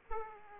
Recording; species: mosquito wingbeat signal from an infrared sensor; Aedes aegypti